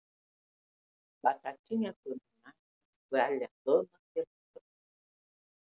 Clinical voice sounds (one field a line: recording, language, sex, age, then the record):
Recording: short text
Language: Brazilian Portuguese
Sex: female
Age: 80 to 89 years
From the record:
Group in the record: control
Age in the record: 80 years